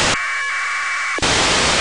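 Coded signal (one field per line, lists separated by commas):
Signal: packet radio (AX.25, as in APRS)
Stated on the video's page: ISS packet received with an RTL-SDR dongle and a turnstile antenna.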